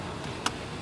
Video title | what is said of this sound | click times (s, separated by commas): How to Properly Install a Forward Facing Car Seat - Hickory Fire Department | Make sure you listen for the click to get it as tight as possible. | 0.5 s